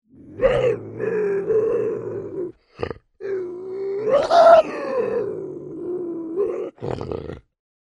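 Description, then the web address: Bobcat yowling in a long wavering, nasal wail broken by short pauses, swelling to a louder rising cry midway before falling back to a rough drone. Bobcat roar. "animal bobcat-roar-sound-effect"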